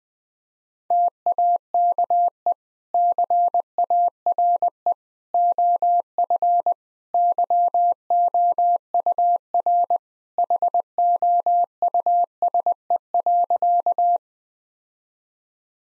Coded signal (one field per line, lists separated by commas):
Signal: Morse code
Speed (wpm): 20 wpm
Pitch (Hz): 700 Hz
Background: none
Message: TAKE CARE OF YOUR HOUSE.